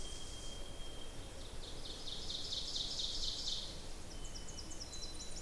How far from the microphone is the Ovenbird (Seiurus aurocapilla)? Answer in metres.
about 60 m